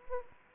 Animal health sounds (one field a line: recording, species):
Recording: mosquito wingbeat signal from an infrared sensor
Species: Anopheles arabiensis